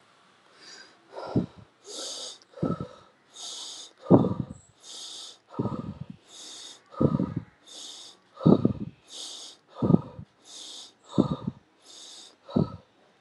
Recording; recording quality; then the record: deep breathing; excellent, no background noise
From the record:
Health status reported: healthy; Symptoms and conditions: none ticked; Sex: male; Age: 57 years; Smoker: not ticked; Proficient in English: yes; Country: India